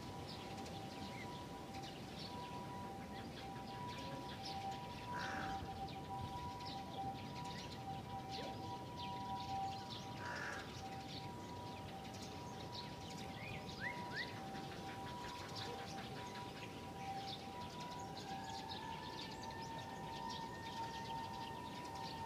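Many birds of different kinds gather in a large tree in a park, their short chirps and calls scattered across the whole stretch at a fairly steady density. A low, constant rumble runs underneath, along with steady tones, one rising near the end.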